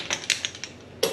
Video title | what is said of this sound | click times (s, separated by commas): How to use a Torque Wrench +9 ways you are doing it WRONG | ah the wrench clicks | 1.0 s